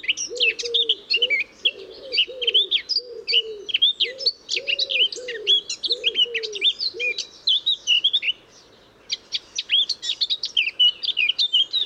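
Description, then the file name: Eurasian blackcap warbling in rapid high phrases with a brief pause late on, while a dove's rhythmic low cooing repeats during the first seven seconds. "Sylvia atricapilla"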